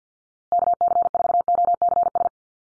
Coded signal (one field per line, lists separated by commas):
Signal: Morse code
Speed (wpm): 49 wpm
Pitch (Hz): 700 Hz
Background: none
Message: KC4OCS